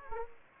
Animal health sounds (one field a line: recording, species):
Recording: mosquito wingbeat signal from an infrared sensor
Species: Anopheles gambiae